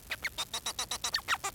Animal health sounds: song of a male Bengalese finch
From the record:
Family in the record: son of father 4

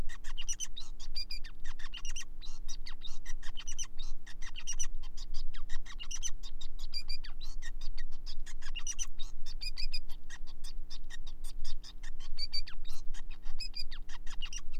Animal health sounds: song of a male Bengalese finch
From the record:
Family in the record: son of father 5

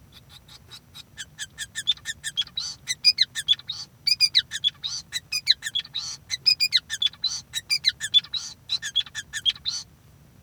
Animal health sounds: song of a male Bengalese finch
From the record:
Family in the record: son of father 5

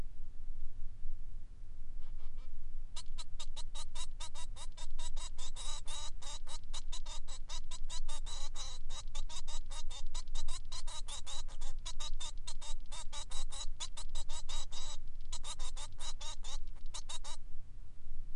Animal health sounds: song of a male Bengalese finch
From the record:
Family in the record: son of father 3

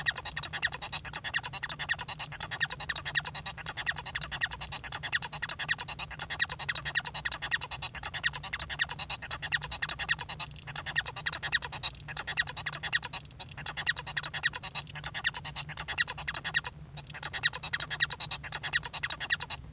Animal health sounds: song of a male Bengalese finch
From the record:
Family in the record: son of father 1

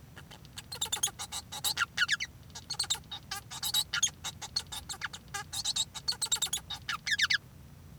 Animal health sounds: song of a male Bengalese finch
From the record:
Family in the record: son of father 1

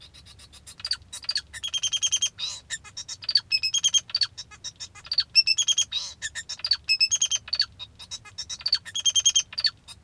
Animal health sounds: song of a male Bengalese finch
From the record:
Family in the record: father 2

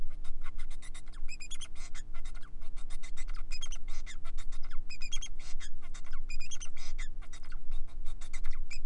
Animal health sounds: song of a male Bengalese finch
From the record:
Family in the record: son of father 4

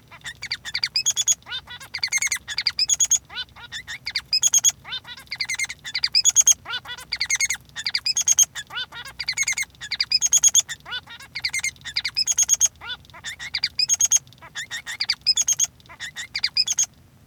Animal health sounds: song of a male Bengalese finch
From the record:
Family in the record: son of father 3

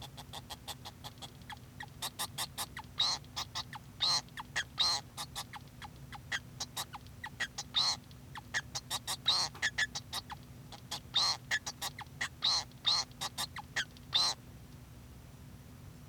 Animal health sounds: song of a male Bengalese finch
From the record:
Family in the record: son of father 2

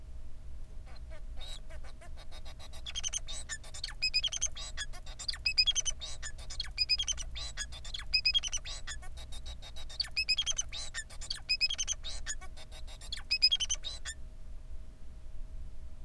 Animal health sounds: song of a male Bengalese finch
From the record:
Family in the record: son of father 4

